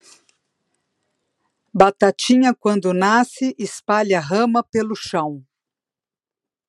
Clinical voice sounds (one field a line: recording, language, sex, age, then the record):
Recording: short text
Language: Brazilian Portuguese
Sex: female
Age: 50 to 59 years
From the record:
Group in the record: control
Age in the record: 57 years